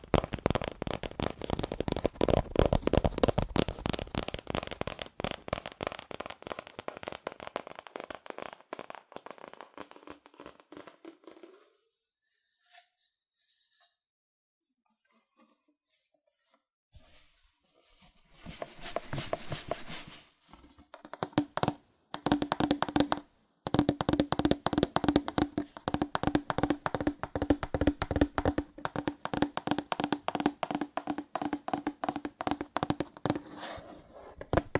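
Fast, dense cardboard tapping rattles on steadily, stops into near silence around twelve to twenty seconds, then resumes in rapid, uneven bursts.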